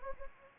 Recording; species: mosquito wingbeat signal from an infrared sensor; Anopheles gambiae